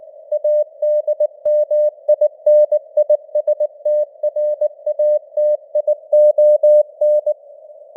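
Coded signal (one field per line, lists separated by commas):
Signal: Morse code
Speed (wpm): 19 wpm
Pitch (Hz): 600 Hz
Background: none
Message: ADMINISTRATION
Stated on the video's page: Morse news headlines at 19 wpm with simulated radio noise and varying signal strength (QSB).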